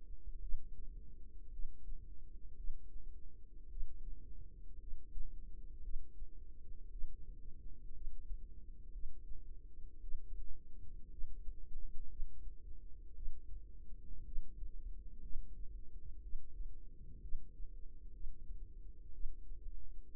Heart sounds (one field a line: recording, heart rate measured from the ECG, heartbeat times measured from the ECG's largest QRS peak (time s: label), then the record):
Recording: heart sounds by microphone in the right ear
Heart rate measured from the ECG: 58 bpm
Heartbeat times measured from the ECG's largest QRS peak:
0.39 s: heartbeat
1.49 s: heartbeat
2.55 s: heartbeat
3.68 s: heartbeat
4.78 s: heartbeat
5.81 s: heartbeat
6.89 s: heartbeat
7.91 s: heartbeat
8.91 s: heartbeat
9.99 s: heartbeat
11.08 s: heartbeat
12.07 s: heartbeat
13.13 s: heartbeat
14.23 s: heartbeat
15.20 s: heartbeat
16.21 s: heartbeat
17.20 s: heartbeat
18.11 s: heartbeat
19.11 s: heartbeat
From the record:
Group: healthy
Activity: rest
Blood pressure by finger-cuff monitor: 87/59 mmHg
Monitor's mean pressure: 67 mmHg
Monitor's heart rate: 57 bpm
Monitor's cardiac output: 4.2 L/min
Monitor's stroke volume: 74 mL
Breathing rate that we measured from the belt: 18 breaths a minute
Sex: female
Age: 36 years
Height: 163 cm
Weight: 88 kg